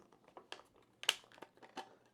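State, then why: Released. A plastic protective cover is pressed down at its marked spot and pulled off the camera gimbal of a DJI Air 3S drone. Faint crinkly ticks lead to a sharp click at 1.1 s, followed by a few quieter rustles. The gimbal cover unclips and comes off.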